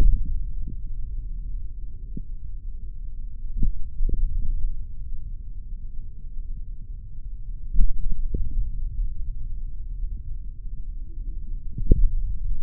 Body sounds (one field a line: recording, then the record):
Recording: forearm muscle sounds (acoustic myography)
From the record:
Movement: finger pinch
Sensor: system 3, bracelet of six PUI Audio POM-2738L microphones around the upper forearm, with dedicated amplification and filtering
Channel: 3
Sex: male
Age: 26 years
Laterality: right